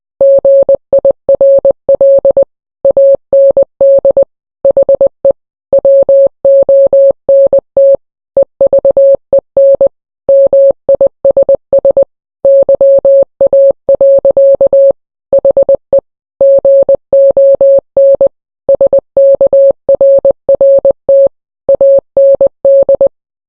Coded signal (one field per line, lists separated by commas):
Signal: Morse code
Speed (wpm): 20 wpm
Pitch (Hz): 550 Hz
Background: none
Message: GIRL AND HE WONT EVEN MISS YA. HE GON SKRRT AND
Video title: hit or miss but it’s in Morse code